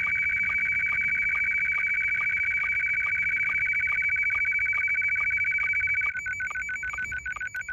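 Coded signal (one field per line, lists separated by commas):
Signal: SSTV (slow-scan television)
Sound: steady high warbling tone with fast rhythmic chirps and regular low blips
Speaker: je vais vous faire un petit test par exemple de réception SSTV directement sur le poste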